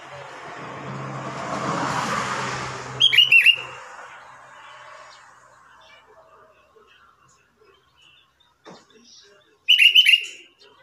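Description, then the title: Sooty-headed bulbul song: two brief, bright, bubbling phrases several seconds apart, the first as a low engine rumble fades. "Kutilang"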